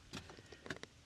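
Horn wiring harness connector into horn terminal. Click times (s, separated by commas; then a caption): 0.7 s, 0.8 s. A plastic wiring harness connector on a 2015-2024 Ford Transit is pushed back onto the horn terminal of a newly tightened dual note horn. Faint handling noise is followed by sharp clicks at 0.7 s and 0.8 s as the connector seats.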